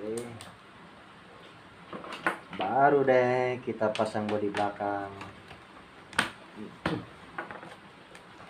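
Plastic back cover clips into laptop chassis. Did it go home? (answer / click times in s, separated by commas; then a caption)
yes / 6.2 s, 6.9 s. Someone talks while a plastic laptop back cover is pressed onto the chassis. Its clips snap into place with sharp clicks at 6.2 s and 6.9 s, and a few lighter taps follow. The cover is seated.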